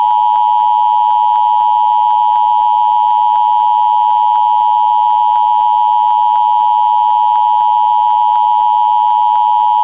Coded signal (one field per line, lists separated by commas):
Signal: Emergency Alert System (SAME) tones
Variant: 853 and 960 Hz attention tone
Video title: WWOR-TV EAS test mock up